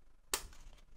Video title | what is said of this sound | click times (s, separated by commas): A2338 M1 MacBook pro first impressions from a repair shop's view | i just want to get underneath it too as you hear clicks okay that's the same | 0.3 s